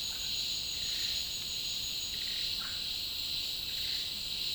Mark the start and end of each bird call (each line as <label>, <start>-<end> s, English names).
Russet-backed Oropendola, 2.58-2.81 s